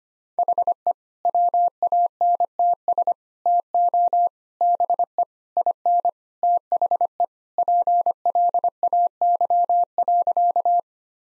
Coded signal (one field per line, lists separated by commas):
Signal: Morse code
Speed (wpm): 25 wpm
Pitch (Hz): 700 Hz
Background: none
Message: HE WANTS TO BE IN THE PLAY.